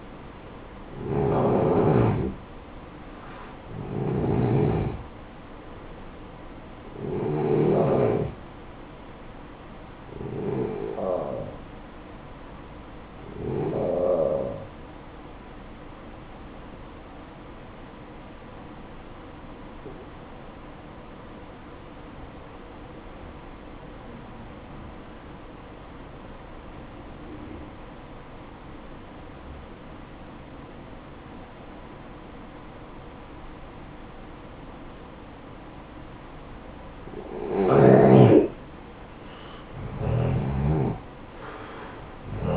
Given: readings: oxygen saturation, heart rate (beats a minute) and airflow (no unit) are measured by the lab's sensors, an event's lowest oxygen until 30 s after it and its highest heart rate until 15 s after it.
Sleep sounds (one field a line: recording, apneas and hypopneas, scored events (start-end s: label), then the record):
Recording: breathing in sleep by a voice recorder at the bedside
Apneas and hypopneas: 1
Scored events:
13.00-38.00 s: hypopnea (N1, oxygen 94% highest, then 87% lowest, heart rate 61 at the start, 72 highest)
14.00-42.56 s: new sleep stage, N2 (light sleep)
From the record:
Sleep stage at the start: N1 (lightest sleep)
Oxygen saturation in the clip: 89 to 94%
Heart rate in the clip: 54 to 66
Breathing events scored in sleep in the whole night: 573 in 9.8 hours asleep